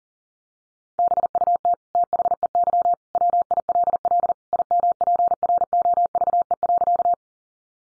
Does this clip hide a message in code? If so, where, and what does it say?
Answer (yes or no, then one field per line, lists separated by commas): yes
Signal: Morse code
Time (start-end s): 1.0-7.1 s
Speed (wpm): 40 wpm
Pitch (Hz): 700 Hz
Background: none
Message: BUT THEY WILL IMPROVE.